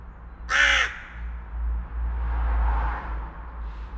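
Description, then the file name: Carrion crow giving a single harsh, hoarse caw, with a steady low traffic rumble and a passing vehicle swelling afterward. "Corvus corone"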